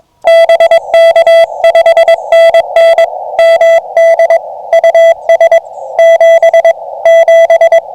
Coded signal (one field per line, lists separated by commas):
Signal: Morse code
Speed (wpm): 22 wpm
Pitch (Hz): 2000 Hz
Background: none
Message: BK 5NN MD US 77